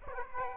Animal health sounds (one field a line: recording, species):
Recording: mosquito wingbeat signal from an infrared sensor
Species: Aedes aegypti